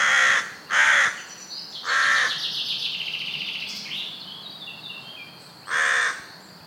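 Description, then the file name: Carrion crow giving harsh, hoarse caws, two quick ones, a third after a pause and a last one near the end, while a thin twittering songbird sings high in the gaps. "Corvus corone"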